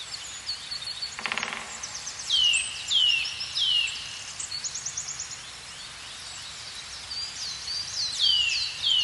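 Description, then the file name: Eurasian nuthatch giving repeated falling whistled calls in short runs, over a background of other small birds twittering and a short buzzing sound. "Sitta europaea"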